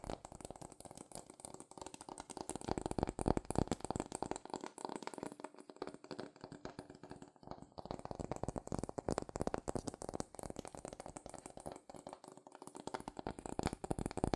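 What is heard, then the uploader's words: Quick tapping and scratching on cardboard and paper fills the whole recording, a dense run of crisp little hits and rubbing strokes with no pauses. The texture stays fairly even, with slightly softer stretches around five and twelve seconds. ASMR Fast CardboardPaper Tapping, Scratching, Tracing Sounds ( No Talking).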